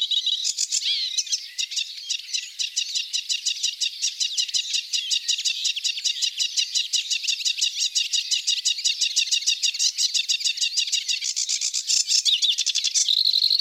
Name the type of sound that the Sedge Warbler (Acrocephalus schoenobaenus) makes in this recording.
song